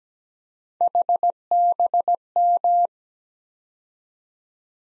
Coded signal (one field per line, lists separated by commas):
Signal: Morse code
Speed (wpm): 17 wpm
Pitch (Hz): 700 Hz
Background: none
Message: HBM